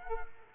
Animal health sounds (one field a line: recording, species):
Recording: mosquito wingbeat signal from an infrared sensor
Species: Culex quinquefasciatus